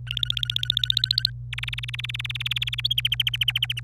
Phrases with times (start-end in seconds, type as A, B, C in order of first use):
0.07-1.30 A, 1.52-2.81 B, 2.84-3.80 C